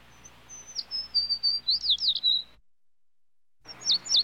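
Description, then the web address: Sparrow song: a few high, thin notes break into rapid zigzag chirps. After a silent gap of about a second, another phrase of quick sharp notes begins. "bird sparrow sparrow calls animal"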